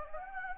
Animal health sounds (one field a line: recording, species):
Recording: mosquito wingbeat signal from an infrared sensor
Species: Anopheles gambiae